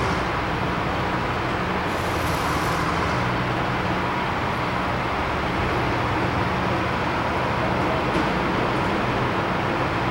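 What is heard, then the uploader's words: A generator drones steadily for the whole clip, a dense, unchanging rumble with a low hum running underneath. Around two to three seconds a brief high hiss rises over it, and a faint sharper tick comes near eight seconds. The sound of arc welders and their generator as well as crane sounds (not birds).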